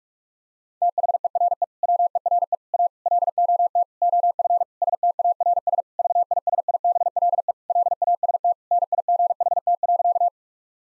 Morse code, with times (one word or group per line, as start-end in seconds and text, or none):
0.8-1.6 THERE
1.8-2.5 WERE
2.7-2.9 A
3.1-3.8 LOT
4.0-4.6 OF
4.8-5.8 STARS
6.0-7.5 VISIBLE
7.7-8.5 LAST
8.7-10.3 NIGHT.